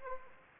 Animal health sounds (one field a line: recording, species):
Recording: mosquito wingbeat signal from an infrared sensor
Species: Anopheles gambiae